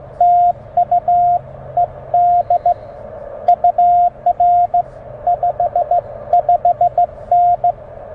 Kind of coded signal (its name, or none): Morse code